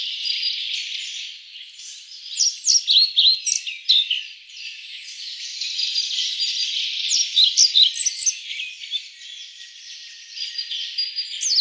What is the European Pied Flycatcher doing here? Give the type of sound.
song